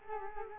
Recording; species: mosquito wingbeat signal from an infrared sensor; Culex quinquefasciatus